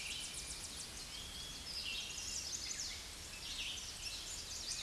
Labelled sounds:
Chestnut-sided Warbler (Setophaga pensylvanica) song
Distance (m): 70 m
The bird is about level with the microphone
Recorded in a Pennsylvania forest on 16 May 2024 at 07:14
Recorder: AudioMoth, point MSD-0079
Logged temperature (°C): 16.1 °C
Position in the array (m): 124 m, 142 m

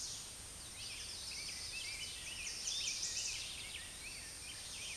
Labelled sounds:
Chestnut-sided Warbler (Setophaga pensylvanica) song
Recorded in a Pennsylvania forest on 16 May 2024 at 08:38
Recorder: AudioMoth, point MSD-2083
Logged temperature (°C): 16.7 °C
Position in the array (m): 87 m, 61 m

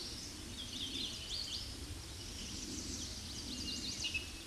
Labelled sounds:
Hooded Warbler (Setophaga citrina) song
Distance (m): 55 m
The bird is about level with the microphone
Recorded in a Pennsylvania forest on 16 May 2024 at 07:37
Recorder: AudioMoth, point MSD-2040
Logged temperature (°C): 15.3 °C
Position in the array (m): 37 m, 154 m

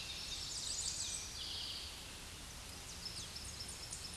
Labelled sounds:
Tennessee Warbler (Leiothlypis peregrina) song
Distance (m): 65 m
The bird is about 15 m above the microphone
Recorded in a Pennsylvania forest on 16 May 2024 at 07:45
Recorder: AudioMoth, point MSD-1893
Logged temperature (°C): 16.6 °C
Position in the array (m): 80 m, 72 m

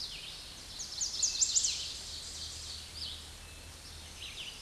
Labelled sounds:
Red-eyed Vireo (Vireo olivaceus) song
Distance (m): 30 m
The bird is about 10 m above the microphone
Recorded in a Pennsylvania forest on 16 May 2024 at 07:43
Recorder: AudioMoth, point MSD-0475
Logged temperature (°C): 12.3 °C
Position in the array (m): 150 m, 28 m

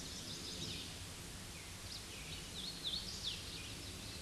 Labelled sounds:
Hooded Warbler (Setophaga citrina) song
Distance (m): 45 m
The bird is about 5 m above the microphone
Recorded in a Pennsylvania forest on 16 May 2024 at 07:51
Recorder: AudioMoth, point MSD-0690
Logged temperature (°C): 16.0 °C
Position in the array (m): 153 m, 111 m

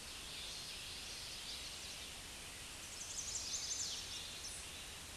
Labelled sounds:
Chestnut-sided Warbler (Setophaga pensylvanica) song
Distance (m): 45 m
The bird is about level with the microphone
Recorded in a Pennsylvania forest on 16 May 2024 at 08:54
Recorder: AudioMoth, point MSD-1482
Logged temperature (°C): 15.6 °C
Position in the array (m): 136 m, 123 m

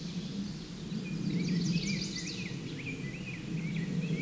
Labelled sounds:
Chestnut-sided Warbler (Setophaga pensylvanica) song
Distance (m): 45 m
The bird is about level with the microphone
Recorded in a Pennsylvania forest on 16 May 2024 at 08:58
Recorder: AudioMoth, point MSD-2287
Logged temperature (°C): 11.2 °C
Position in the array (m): 111 m, -8 m

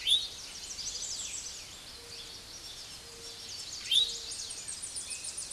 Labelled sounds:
American Redstart (Setophaga ruticilla) song
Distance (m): 40 m
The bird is about 15 m above the microphone
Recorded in a Pennsylvania forest on 16 May 2024 at 06:11
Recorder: AudioMoth, point MSD-0827
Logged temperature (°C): 12.1 °C
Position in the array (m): 106 m, 232 m

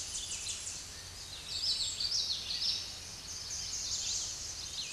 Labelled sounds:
Common Yellowthroat (Geothlypis trichas) song
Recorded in a Pennsylvania forest on 16 May 2024 at 07:07
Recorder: AudioMoth, point MSD-1293
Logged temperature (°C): 12.0 °C
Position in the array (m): 51 m, 156 m

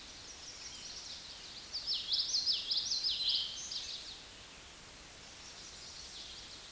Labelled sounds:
Common Yellowthroat (Geothlypis trichas) song
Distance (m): 20 m
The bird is about 10 m above the microphone
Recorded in a Pennsylvania forest on 16 May 2024 at 09:08
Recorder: AudioMoth, point MSD-1418
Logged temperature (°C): 16.4 °C
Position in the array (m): 227 m, 187 m

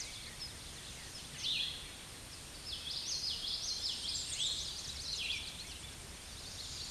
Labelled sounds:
Common Yellowthroat (Geothlypis trichas) song
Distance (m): 25 m
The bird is about 5 m above the microphone
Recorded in a Pennsylvania forest on 16 May 2024 at 07:59
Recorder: AudioMoth, point MSD-2453
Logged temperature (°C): 16.3 °C
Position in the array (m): 226 m, 181 m

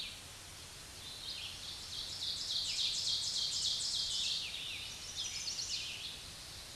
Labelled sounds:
Ovenbird (Seiurus aurocapilla) song
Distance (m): 40 m
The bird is about 10 m above the microphone
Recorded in a Pennsylvania forest on 16 May 2024 at 06:33
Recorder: AudioMoth, point MSD-2146
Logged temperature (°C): 16.7 °C
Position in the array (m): 135 m, 5 m

